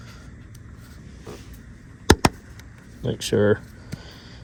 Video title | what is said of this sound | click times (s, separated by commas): 2024 Silverado 2500HD L5P Duramax Fuel Filter Change How To DIY | that it snaps in there like that. You kind of hear it snap, and make sure it's straight, | 2.1 s, 2.2 s